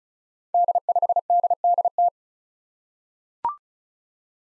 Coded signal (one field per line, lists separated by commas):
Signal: Morse code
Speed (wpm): 36 wpm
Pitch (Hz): 700 Hz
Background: none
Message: D5DDT